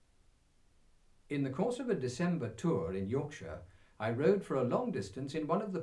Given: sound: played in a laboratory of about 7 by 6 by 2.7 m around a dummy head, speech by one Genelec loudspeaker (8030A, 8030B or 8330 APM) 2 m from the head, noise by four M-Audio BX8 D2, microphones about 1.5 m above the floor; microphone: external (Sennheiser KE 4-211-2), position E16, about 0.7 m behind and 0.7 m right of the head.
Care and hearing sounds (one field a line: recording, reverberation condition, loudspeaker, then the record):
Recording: male speech in English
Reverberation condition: low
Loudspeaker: 60 degrees to the right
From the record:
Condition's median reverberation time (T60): about 310 ms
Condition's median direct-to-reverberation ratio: about 3.5 dB